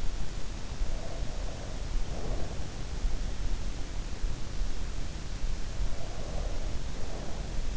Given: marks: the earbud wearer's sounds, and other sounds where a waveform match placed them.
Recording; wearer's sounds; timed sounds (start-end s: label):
sounds in sleep by an in-ear microphone; breath
0.72-2.93 s: breath
5.92-7.77 s: breath